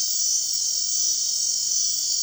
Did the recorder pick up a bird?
no